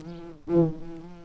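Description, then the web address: White-tailed bumblebee buzzing with a steady low hum. It dips briefly, then swells louder and settles back to an even drone. Workers. "bumblebees Lucorum-workers"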